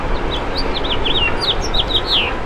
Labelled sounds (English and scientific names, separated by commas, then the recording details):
House Finch (Haemorhous mexicanus) song
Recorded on Long Island, New York, on 7 June 2011
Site MV
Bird B